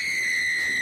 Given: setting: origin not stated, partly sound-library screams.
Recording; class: one-second piece from a danger detection set; woman in danger